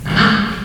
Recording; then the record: squeal of a Yucatan mini pig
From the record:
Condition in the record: after surgery on the right vocal fold (resection and tissue-engineered implant); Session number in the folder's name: 15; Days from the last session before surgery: 175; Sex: female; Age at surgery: 19 weeks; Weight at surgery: 25 kg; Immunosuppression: prednisolone